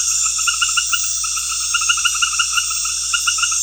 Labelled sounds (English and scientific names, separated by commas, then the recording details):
none
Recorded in pastures near Puerto Asís, Putumayo, Colombia, on 8 March 2025 at 19:00
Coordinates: 0.502, -76.324
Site GP07